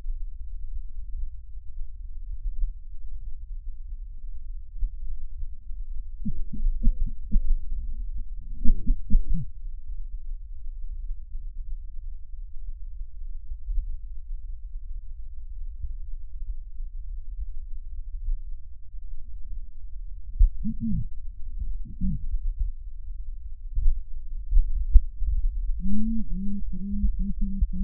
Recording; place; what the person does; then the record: lung sounds by stethoscope; trachea; quiet breathing, then cough and speech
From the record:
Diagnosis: pulmonary infection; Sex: female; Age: 74 years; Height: 160 cm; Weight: 66 kg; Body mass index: 25.8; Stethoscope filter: bell mode